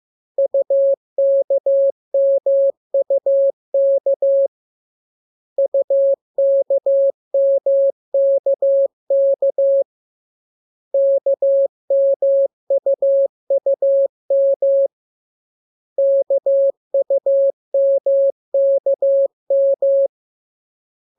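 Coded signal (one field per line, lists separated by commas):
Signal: Morse code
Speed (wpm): 15 wpm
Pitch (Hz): 550 Hz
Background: none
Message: UKMUK UKMKK KMUUM KUMKM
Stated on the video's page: Morse code lesson two teaching letters K, M and U; each transmission opens with VVV and a section sign and ends with AR.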